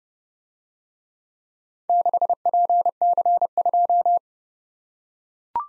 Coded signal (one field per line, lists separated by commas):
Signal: Morse code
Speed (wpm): 29 wpm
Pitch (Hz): 700 Hz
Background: none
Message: 6PC2